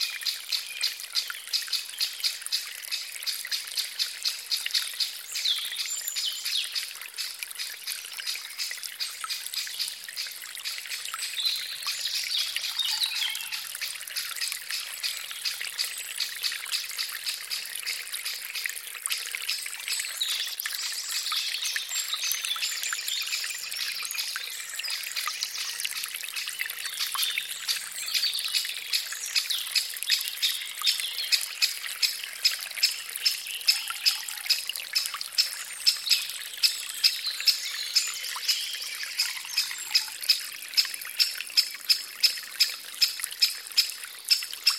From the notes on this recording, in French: cette forêt printanière, où coule un ruisseau apaisant